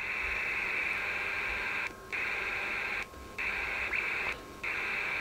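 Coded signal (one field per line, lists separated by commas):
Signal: HF data modem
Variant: PACTOR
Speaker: the station down in Afghanistan is going to go ahead and initiate a connection with my station here and you should see the radio respond with the modems communicating with each other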